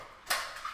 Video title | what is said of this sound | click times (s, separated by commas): Northern Brewer's Lemondrop Saison, secondary fermentation, and my Kegarator setup! (timestamped) | hear the click um you would turn the co2 on | 0.3 s